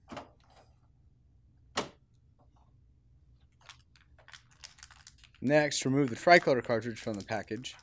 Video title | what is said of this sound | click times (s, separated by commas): Unboxing, SetUp, and Installing the HP DeskJet 3634 Printer HP DeskJet #HP #HPSupport #HPDeskJet | insert the black cartridge into the right slot at an upward angle until it snaps into place | 1.8 s